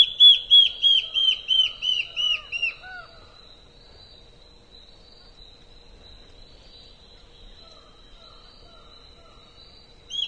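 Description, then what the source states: Black-faced antbird song, a quick run of eight high whistled notes that drop in pitch and trail off, then quiet with faint lower calls and one more note at the close. Nominate subspecies Myrmoborus myotherinus myotherinus.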